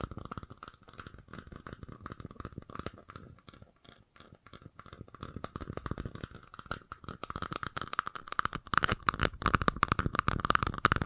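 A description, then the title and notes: Fast tapping in dense, irregular bursts, crisp, growing louder and busier after eight seconds, with a faint steady tone underneath. FAST TAPPING (No Talking).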